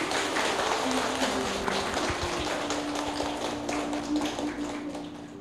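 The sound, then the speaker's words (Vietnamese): Sustained applause from a Buddhist audience after a cake and flowers are offered to their teacher, a dense wash of many hands clapping at a steady loud level throughout, with a faint tonal hum underneath and no talking. “Xin đại chúng trong một tràng pháo tay.”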